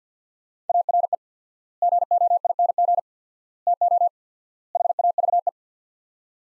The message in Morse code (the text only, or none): ARE GOING TO HAVE